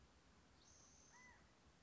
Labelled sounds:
California Quail (Callipepla californica)
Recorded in Sonoma County, California

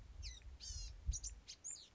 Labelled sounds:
Blue-gray Gnatcatcher (Polioptila caerulea)
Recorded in Sonoma County, California

